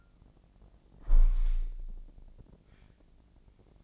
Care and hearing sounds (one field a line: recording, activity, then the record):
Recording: daily activity, microphone in the room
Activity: close window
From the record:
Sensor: 5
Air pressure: 1012.2 hPa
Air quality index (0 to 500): 160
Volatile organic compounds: 2 ppm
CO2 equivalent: 1085 ppm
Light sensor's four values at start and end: 69/167/68/72 and 69/167/68/73